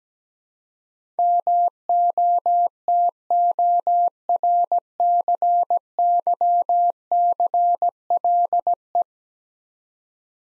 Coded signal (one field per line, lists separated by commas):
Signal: Morse code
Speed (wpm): 17 wpm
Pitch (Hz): 700 Hz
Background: none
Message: MOTORCYCLE